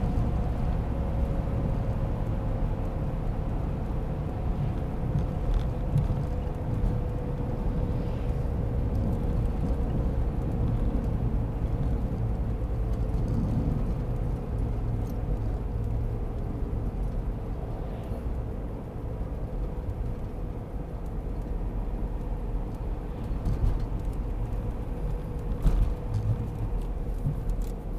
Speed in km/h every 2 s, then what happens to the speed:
90, 87, 83, 82, 80, 77, 72, 70, 72, 68, 63, 60, 60, 58.
0-28 slows to 58.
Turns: none.